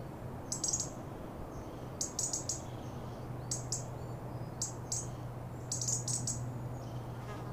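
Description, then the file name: European robin giving sharp, high ticking calls in short bursts of two to four, repeated several times, with faint thin whistles and a steady low hum beneath. "Erithacus rubecula"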